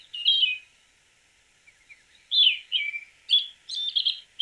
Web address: cantos zorzalplomizo